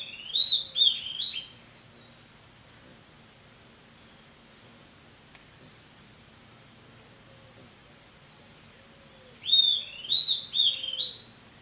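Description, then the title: Bird song: a burst of several bright, looping whistles, a long quiet gap with faint low notes, then a second matching burst of whistles. "LuckyPassaro Completos2Sama"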